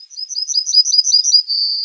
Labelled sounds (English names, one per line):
Yellowhammer song